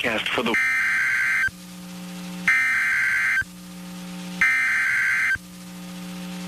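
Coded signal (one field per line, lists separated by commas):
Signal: Emergency Alert System (SAME) tones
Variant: header bursts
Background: speech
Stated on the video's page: NOAA Weather Radio EAS alerts from Mineral Wells and Waco, Texas, during a severe thunderstorm outbreak.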